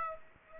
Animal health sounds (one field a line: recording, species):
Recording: mosquito wingbeat signal from an infrared sensor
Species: Aedes aegypti